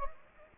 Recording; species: mosquito wingbeat signal from an infrared sensor; Anopheles gambiae